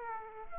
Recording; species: mosquito wingbeat signal from an infrared sensor; Aedes aegypti